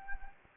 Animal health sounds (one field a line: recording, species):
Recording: mosquito wingbeat signal from an infrared sensor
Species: Anopheles gambiae